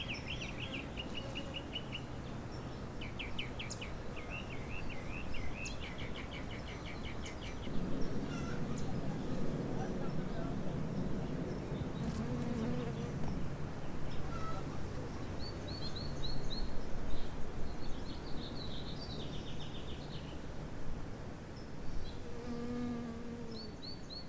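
Bees hum steadily around a flowering shrub, the low buzz thickening between about eight and eighteen seconds. Over it, several birds sing repeated bright phrases and trills throughout, in an outdoor garden.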